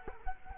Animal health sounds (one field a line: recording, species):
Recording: mosquito wingbeat signal from an infrared sensor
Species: Culex quinquefasciatus